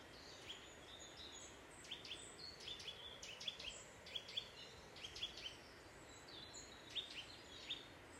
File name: Sitta europaea